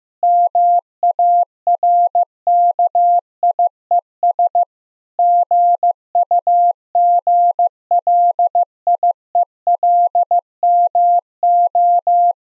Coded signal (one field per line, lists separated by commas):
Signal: Morse code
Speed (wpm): 15 wpm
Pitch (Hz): 690 Hz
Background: none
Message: MARKIES GUGLIELMO